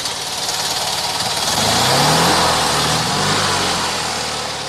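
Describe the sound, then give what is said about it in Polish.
A Fiat 126P engine idles with a steady low rumble, then revs up, its pitch rising and falling in a couple of surges before settling back to a rough, buzzy idle. “Fiat 126P wiecznie żywy.”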